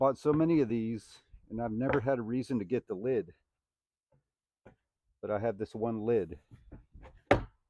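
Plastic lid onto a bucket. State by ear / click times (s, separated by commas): seated / 7.3 s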